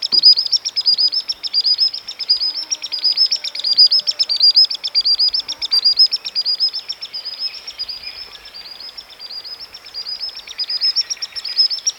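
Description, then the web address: Common sandpiper trilling a long, continuous series of rapid high piping notes, steady in pitch with slight swells in loudness. "soud perevozchik"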